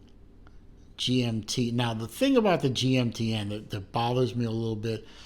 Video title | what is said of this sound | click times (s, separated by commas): Unboxing & Review: Boldr Venture GMT Field Watch | One click out is the GMT. | 0.5 s